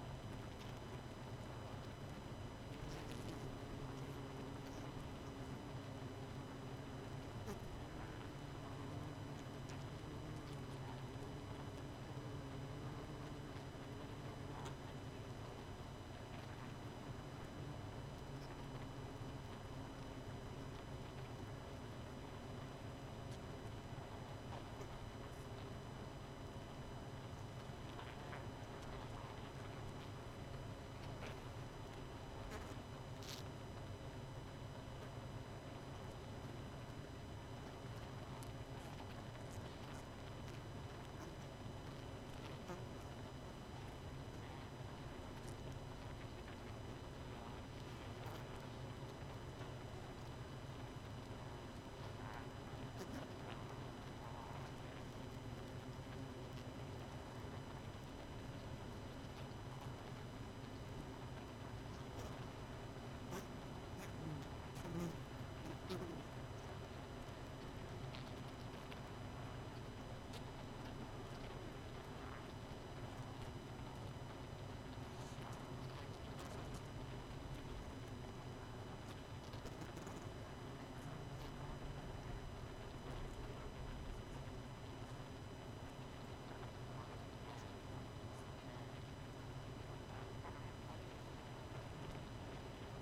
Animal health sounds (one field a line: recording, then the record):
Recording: honeybee colony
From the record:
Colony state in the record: missing queen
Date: 31 May 2018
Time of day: 23:41